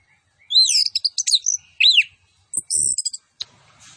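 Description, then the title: Orange-headed thrush song: a burst of slurred whistles and sweeping notes, then high thin trills and a few clicks near the end. Master recording of vigorous full song with fill-in phrases including cililin bursts. "Anis Kembang Gacor. MASTERAN ANIS KEMBANG ISIAN FULL DENGAN TEMBAKAN CILILIN"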